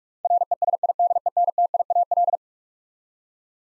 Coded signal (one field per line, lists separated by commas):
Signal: Morse code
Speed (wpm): 46 wpm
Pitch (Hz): 700 Hz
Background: none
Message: RESIDENTIAL